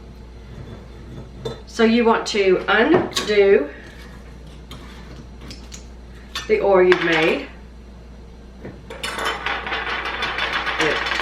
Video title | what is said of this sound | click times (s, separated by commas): How To Make Calendula Toner - Clears Acne- Medicinal Herb | You may have to lift it up like that. You hear the pop. | 9.5 s